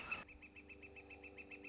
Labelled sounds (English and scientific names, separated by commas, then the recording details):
Northern Flicker (Colaptes auratus)
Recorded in Sonoma County, California